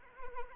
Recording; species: mosquito wingbeat signal from an infrared sensor; Anopheles arabiensis